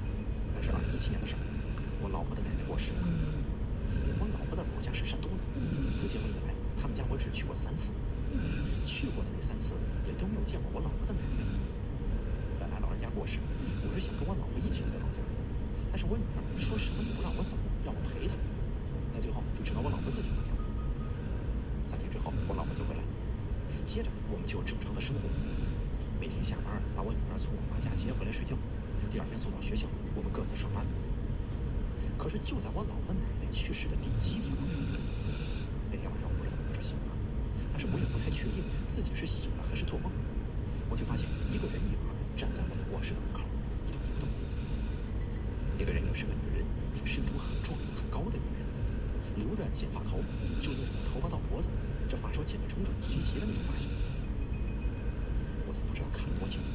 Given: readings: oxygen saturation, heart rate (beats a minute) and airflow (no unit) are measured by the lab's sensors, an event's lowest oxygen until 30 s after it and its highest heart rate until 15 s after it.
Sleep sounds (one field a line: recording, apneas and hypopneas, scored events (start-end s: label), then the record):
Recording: breathing in sleep by a smartphone at the bedside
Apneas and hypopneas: 1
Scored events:
4.00-32.90 s: hypopnea (N2, oxygen 95% highest, then 93% lowest)
From the record:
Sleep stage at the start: N2 (light sleep)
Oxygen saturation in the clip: 92 to 95%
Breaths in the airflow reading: 19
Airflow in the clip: -1.9 to 1.7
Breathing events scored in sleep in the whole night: 335 in 6.7 hours asleep